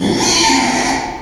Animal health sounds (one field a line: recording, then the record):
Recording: squeal of a Yucatan mini pig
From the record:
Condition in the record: after surgery on the right vocal fold (resection and tissue-engineered implant)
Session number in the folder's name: 2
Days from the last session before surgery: 13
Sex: male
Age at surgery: 12 weeks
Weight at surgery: 13 kg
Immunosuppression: cyclosporine, prednisolone